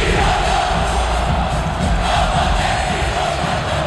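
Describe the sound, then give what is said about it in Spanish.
In an Ecuadorian radio promo for the Copa Sudamericana match Barcelona versus Bragantino, a large stadium crowd shouts in one loud, continuous roar that holds steady for about four seconds, a dense wash of many voices with no individual words standing out. “Lo grita Sudamérica.”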